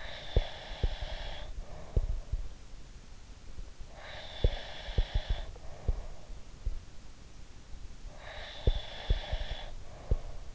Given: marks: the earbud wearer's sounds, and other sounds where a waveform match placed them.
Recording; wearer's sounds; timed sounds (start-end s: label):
sounds in sleep by an in-ear microphone; breath
0.00-2.43 s: breath
3.98-6.42 s: breath
8.08-10.55 s: breath
8.42-10.55 s: sound from someone else or the room